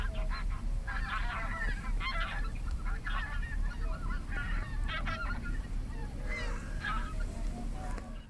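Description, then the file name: Bean goose honks from a flock, repeated nasal calls overlapping in bursts, over a constant low background rumble. "hishikui"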